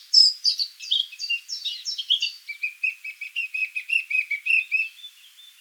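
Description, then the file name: Eurasian blackcap song beginning with scratchy warbled notes and passing into a regular run of short repeated notes. "Sylvia atricapilla"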